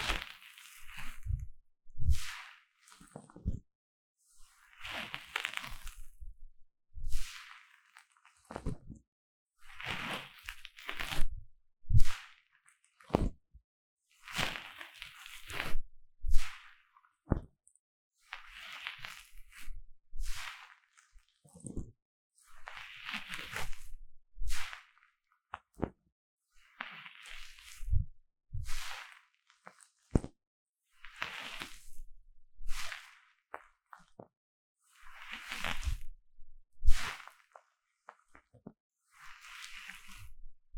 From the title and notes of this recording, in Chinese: 強烈的耳朵深層清理 | 耳掃除 | Deep Ear Cleaning | NoTalking。